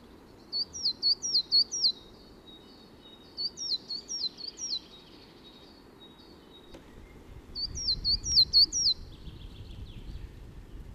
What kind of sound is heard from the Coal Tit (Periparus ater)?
song